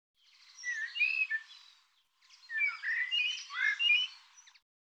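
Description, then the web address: Bird delivering two scratchy, warbling phrases of mixed chirps and short whistles, separated by a brief pause, in an otherwise quiet background. "cianscape birddata Deverinetal Bird Tu Me Tu Me"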